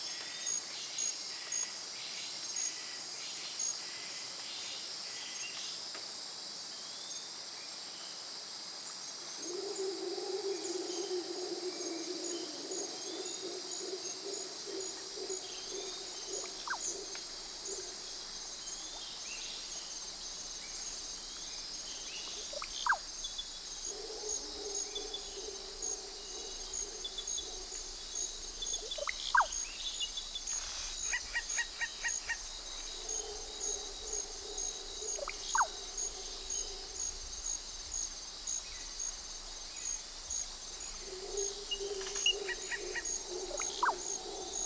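A forest after rain, filled with a constant high, thin drone of insects. Low, throbbing calls come in repeated bouts, starting around ten seconds in and returning every few seconds, while occasional sharp ticks and drips break through near the middle and end.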